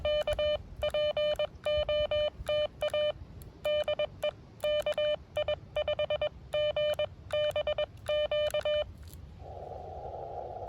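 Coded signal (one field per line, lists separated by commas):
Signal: Morse code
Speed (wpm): 21 wpm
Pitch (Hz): 600 Hz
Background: none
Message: K POTA DE KI5GBQ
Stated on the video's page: CW park activation at a state park.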